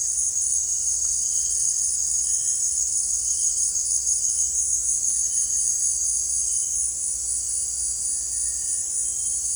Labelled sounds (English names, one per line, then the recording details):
none
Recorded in secondary vegetation near Puerto Asís, Putumayo, Colombia, on 26 December 2024 at 18:00
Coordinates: 0.484, -76.319
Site GP06